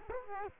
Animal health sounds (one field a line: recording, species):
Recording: mosquito wingbeat signal from an infrared sensor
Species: Culex quinquefasciatus